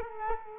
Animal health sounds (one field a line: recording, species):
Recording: mosquito wingbeat signal from an infrared sensor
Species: Culex quinquefasciatus